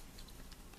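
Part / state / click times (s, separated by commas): plastic leg joint of a transforming dinosaur robot toy / not seated / none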